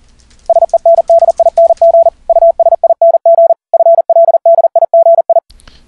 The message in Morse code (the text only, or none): SENDING USING FLDIGI